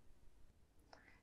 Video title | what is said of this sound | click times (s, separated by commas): Wymiana baterii w kontrolerach LMC - ODC.12 - PacDrive Tips | carefully insert it into the controller slot until you hear a click. | 0.9 s